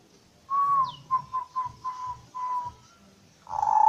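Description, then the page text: Zebra dove cooing song: a clear whistled note, then a quick run of short, evenly spaced coo notes, followed by a longer, louder closing coo. Perkutut manggung song of local (native) and Bangkok types, used for luring birds. "Suara Perkutut Manggung [Lokal Dan Bangkok] - Club Burung"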